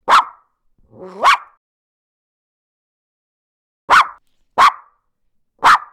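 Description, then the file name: Dog barking: five sharp single barks, two close together, then a long silent gap before three more at irregular intervals; the second bark begins with a rising whine. "dog-bark-type-09"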